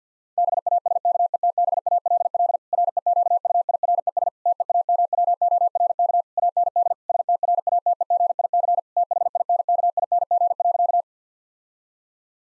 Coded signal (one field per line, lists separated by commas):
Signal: Morse code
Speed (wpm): 50 wpm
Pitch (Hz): 700 Hz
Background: none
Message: BASKETBALL REQUIRES TEAMWORK AND STRATEGIC THINKING.